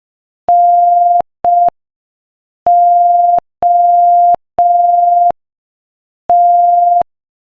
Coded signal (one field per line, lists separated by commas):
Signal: Morse code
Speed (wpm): 5 wpm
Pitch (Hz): 700 Hz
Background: none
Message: NOT